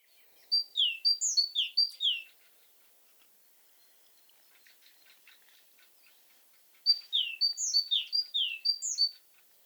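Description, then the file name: Great tit calling in two lively bursts of high, alternating chirps, with faint soft notes scattered through the quiet gap between them. "Parus major"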